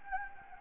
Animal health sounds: mosquito wingbeat signal from an infrared sensor; Anopheles gambiae

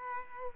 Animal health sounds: mosquito wingbeat signal from an infrared sensor; Culex quinquefasciatus

